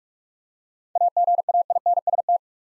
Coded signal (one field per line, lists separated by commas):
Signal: Morse code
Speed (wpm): 44 wpm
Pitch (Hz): 700 Hz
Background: none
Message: AGAINST